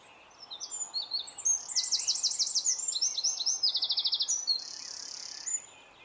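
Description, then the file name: Eurasian wren in a loud, high, rapid outpouring of varied notes and fast trills, including a buzzy rattling trill and a sustained high reeling phrase near the end. "Troglodytes troglodytes"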